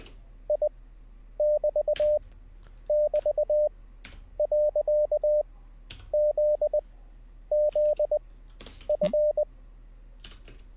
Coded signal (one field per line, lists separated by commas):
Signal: Morse code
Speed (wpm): 20 wpm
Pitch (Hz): 600 Hz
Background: none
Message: I<BT><BT>.ZZF